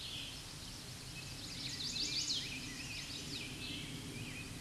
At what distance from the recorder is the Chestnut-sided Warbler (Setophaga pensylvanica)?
about 25 m